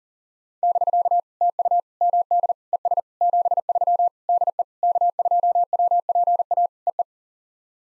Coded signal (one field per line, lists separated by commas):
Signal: Morse code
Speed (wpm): 43 wpm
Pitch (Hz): 700 Hz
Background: none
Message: <BK> TU MD ES 73 DE K2WPA EE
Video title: POTA QSO Practice - 40wpm